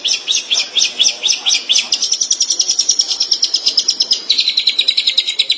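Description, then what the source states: Long-tailed Shrike song of quick, evenly repeated high notes running into a steady rapid trill, dropping slightly in pitch toward the close. Recorded March 2017.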